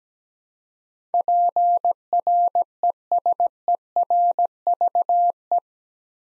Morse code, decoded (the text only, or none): PRESERVE